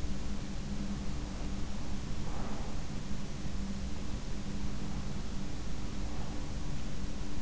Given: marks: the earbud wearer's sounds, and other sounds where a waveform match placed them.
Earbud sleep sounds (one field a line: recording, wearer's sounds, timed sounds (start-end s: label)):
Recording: sounds in sleep by an in-ear microphone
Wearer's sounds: breath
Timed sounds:
1.77-2.97 s: breath